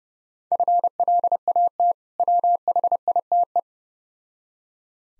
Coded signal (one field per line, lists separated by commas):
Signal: Morse code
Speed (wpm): 30 wpm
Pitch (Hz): 700 Hz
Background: none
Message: FLAT WHITE